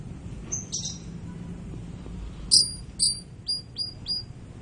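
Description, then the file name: White-crowned forktail calling: a couple of faint high notes, then a run of five sharp, very high whistles, over a quiet low hum. "meniinting besar"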